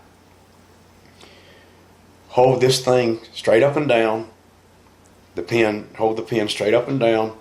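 An autoinjector pen is held straight up and down and lined up against the thigh before the injection while someone talks. Only faint low background noise fills the pauses, and nothing has clicked yet.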